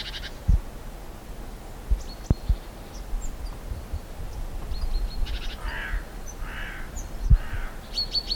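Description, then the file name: Great tit calls: scattered thin high notes, then three harsh churring rasps in the second half, in fairly quick succession, over low background rumble and occasional clicks. "Parus major"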